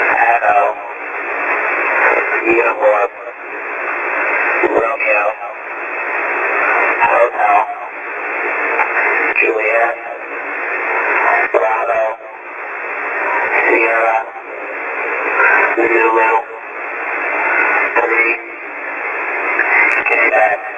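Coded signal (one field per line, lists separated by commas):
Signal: coded military voice message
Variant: HF-GCS EAM, phonetic alphabet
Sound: static-laden radio voice reading short evenly spaced phonetic-alphabet characters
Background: radio static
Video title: HF GCS EAM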